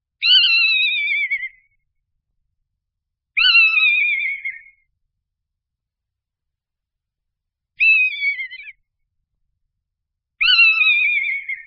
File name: Káně-rousná